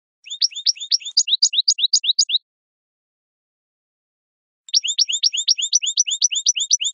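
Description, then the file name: Goldfinch song in two rapid phrases of bright, twittering high notes, separated by a couple of seconds of silence. "audio burung goldfinch"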